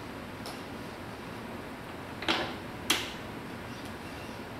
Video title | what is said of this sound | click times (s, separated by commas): 1:48 Skipjack Class RC Submarine - DeBoer Hulls | And what these will do is the magnet will snap into place. | 2.2 s, 2.9 s